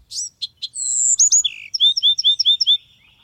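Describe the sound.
Bewick's Wren singing a brief varied phrase: scratchy high notes, a long thin whistle, descending slurs, then a quick series of repeated notes, all in about three seconds.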